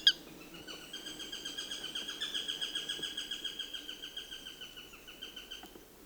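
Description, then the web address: Eurasian sparrowhawk making a soft, steady series of chattering kek notes lasting about five seconds and fading toward the end. "Sparrowhawk"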